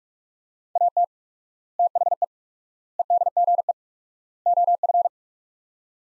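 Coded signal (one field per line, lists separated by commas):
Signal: Morse code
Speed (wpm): 41 wpm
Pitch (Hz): 700 Hz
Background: none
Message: AT THE EDGE OF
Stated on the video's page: Morse practice at 45 wpm sending sets of four words with 4x word spacing, a Farnsworth-like method.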